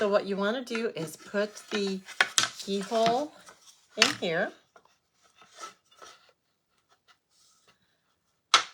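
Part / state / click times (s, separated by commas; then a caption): keyhole-slot attachment onto its mounting stud on a craft tool / seated / 8.5 s. Someone talks while fitting the keyhole slot of an attachment over the mounting stud on a new craft tool. A few faint handling sounds follow, then the attachment slides down and locks into place with a sharp click at 8.5 seconds.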